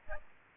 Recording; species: mosquito wingbeat signal from an infrared sensor; Aedes albopictus